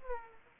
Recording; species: mosquito wingbeat signal from an infrared sensor; Aedes aegypti